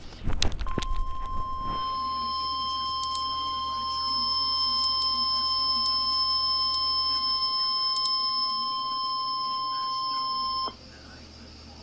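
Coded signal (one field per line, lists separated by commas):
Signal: Emergency Alert System (SAME) tones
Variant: 1050 Hz attention tone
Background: speech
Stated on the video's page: Real NOAA weather radio severe thunderstorm warning received in Erie, Pennsylvania.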